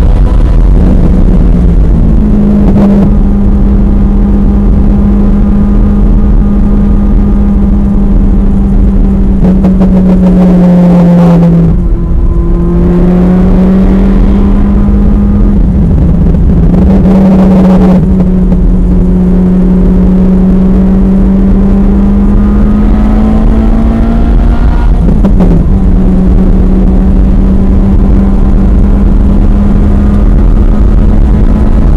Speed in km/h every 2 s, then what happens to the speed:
114, 111, 111, 108, 97, 95, 113, 108, 98, 103, 114, 130, 130, 135, 143, 151.
0-9 slows to 95. 9-12 speeds up to 113. 12-17 slows to 98. 17-32 speeds up to 151.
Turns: 0-7, 13-20.